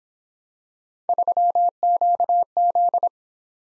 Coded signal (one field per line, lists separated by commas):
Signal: Morse code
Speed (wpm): 26 wpm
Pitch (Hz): 700 Hz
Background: none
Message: 3QZ